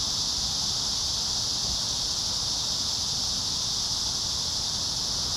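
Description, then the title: Cicadas produce a steady, high sizzling drone that never breaks, with faint low rumbling beneath. Several cicadas singing in a park. "neoscenes: cicadas in the park"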